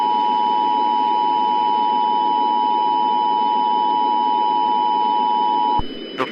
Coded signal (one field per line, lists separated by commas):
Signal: Emergency Alert System (SAME) tones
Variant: 853 and 960 Hz attention tone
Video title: Eas Scenario: The Dog! (part 2)